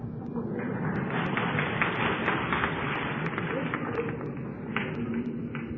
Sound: applause